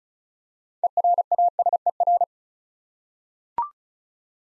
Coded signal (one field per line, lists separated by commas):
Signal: Morse code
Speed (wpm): 36 wpm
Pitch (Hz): 700 Hz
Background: none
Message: ERASER